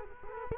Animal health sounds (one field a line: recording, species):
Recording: mosquito wingbeat signal from an infrared sensor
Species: Culex quinquefasciatus